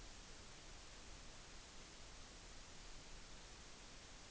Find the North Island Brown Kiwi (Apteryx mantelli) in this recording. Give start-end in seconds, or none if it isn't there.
none